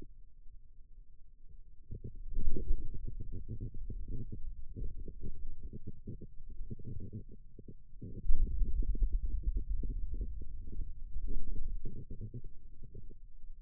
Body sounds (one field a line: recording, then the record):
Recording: forearm muscle sounds (acoustic myography)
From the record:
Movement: ulnar deviation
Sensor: system 2, bracelet of six BSWA MPA416 microphones around the upper forearm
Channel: 6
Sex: male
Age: 22 years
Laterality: right